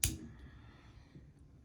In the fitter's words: and then underneath the safety is a spring and a ball for detent so you can hear that clicking it's really positive